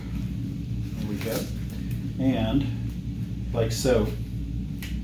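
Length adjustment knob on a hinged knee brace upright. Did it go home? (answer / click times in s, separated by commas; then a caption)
yes / 4.8 s. Someone talks while the length adjustment knob on a hinged knee brace upright is unlocked, the brace is extended or shortened, and the adjuster is pushed back. A short, sharp click at 4.8 s marks the adjuster clicking into place, seated.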